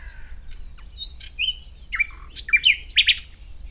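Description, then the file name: Common nightingale phrase of quick varied chirps and slurred whistles jumping in pitch, ending in a few loud emphatic notes; low background hum. "Luscinia megarhynchos"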